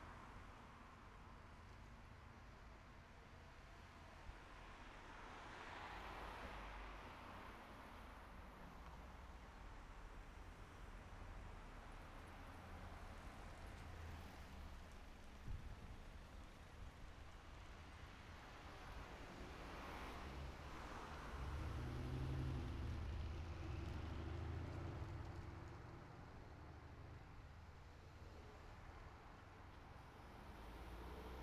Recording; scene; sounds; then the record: everyday scene through a hearing-aid microphone; in traffic; traffic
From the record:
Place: city secondary road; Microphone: behind the ear, right, front